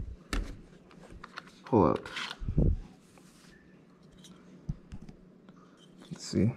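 A USB expansion card is released from a laptop's expansion bay by pressing the release button and pulling the card up out of the bay, with a sharp click at 0.3 s. Several smaller ticks and handling noises follow while someone talks.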